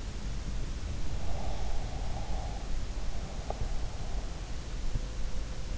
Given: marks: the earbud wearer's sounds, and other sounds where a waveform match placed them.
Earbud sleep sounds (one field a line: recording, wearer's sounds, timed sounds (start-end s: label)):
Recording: sounds in sleep by an in-ear microphone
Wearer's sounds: breath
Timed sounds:
1.32-2.73 s: breath